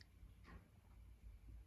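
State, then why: Not seated. A Nest Protect 2nd Generation smoke and carbon monoxide detector is handled against its plastic back plate mounted on the ceiling, ready to be twisted on. Faint low rumbling and a soft brief rustle are heard, with no words spoken. Nothing has seated or clicked yet.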